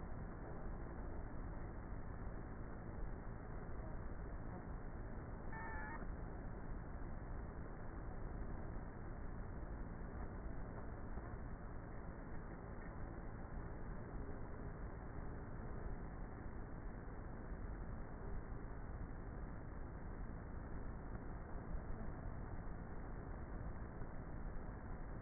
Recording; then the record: honeybee colony, microphone inside the hive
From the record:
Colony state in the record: queenless with a low population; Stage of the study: before two queens were removed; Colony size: about 30,000 bees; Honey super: no